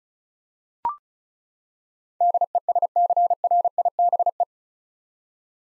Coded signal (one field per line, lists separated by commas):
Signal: Morse code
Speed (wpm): 34 wpm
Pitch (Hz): 700 Hz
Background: none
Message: DESCRIBE